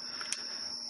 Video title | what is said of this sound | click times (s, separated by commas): Nikon Non AI Lens Conversion for Modern Cameras 50mm F2 on D750 D810 D500 D5 etc | that there's enough clearance for the little notch or pin or whatever lock into place | 0.3 s